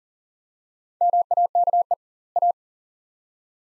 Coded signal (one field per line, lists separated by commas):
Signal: Morse code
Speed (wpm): 39 wpm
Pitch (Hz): 700 Hz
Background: none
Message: MAKE A